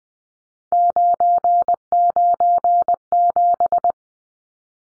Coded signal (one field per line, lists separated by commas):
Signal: Morse code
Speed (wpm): 20 wpm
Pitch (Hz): 700 Hz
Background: none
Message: 997